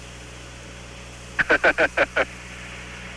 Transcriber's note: laughter